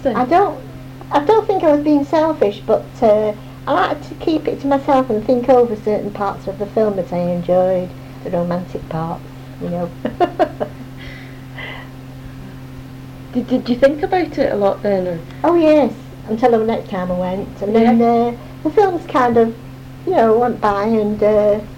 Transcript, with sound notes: I don't, I don't think I was being selfish, but uh, I liked to keep it to myself and think over certain parts of the film that I enjoyed. The romantic parts. You know. [laughter and then sigh]
Did you think about it a lot then, or..?
Oh yes, until the next time I went, and then uh the films kinda you know went by and uh.